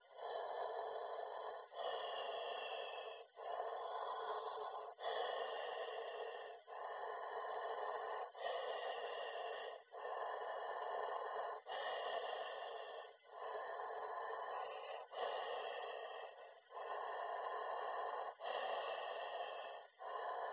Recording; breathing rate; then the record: paced breathing near a phone; 18 breaths a minute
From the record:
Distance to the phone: 20 cm